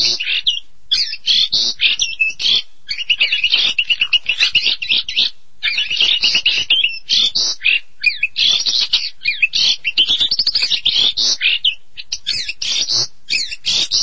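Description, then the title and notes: Starling song delivered in bursts: runs of sharp chirps and whistled notes separated by short silent pauses, high-pitched and varied. "suara burung jalak"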